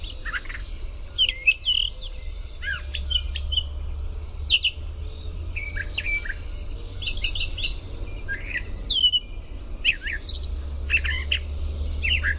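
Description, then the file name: Brown thrasher song: sharp downslurred and upslurred notes in varied, well-spaced phrases, some repeated twice, above a soft low hum. "BRTH song"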